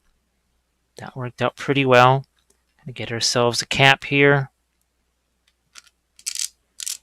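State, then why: Seated. Someone talks, then presses a plastic cap onto a filled oil paint dropper bottle. A quick cluster of sharp plastic clicks follows as the cap snaps into place at 6.3 seconds, with another pair of clicks near 6.8 seconds.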